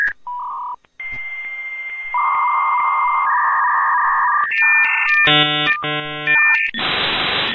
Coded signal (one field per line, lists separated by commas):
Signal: dial-up modem handshake